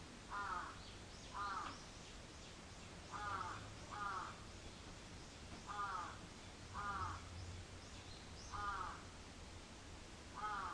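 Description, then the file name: Crow calling in paired harsh caws, each pair separated by a pause of a second or two, repeated steadily through the recording, with a low rumble underneath. Recorded 14 July 2022 at 06:37. "karasu-in 220714 0637"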